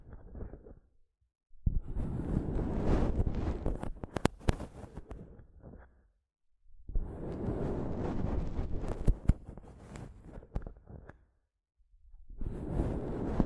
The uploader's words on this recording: ASMR Mic Tapping and Scratching (No Talking).